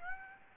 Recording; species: mosquito wingbeat signal from an infrared sensor; Aedes aegypti